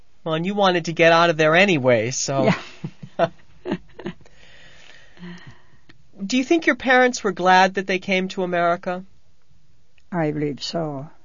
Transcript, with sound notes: And you wanted to get out of there anyway, so... ( they laugh ) Do you think your parents were glad that they came to America?
I believe so.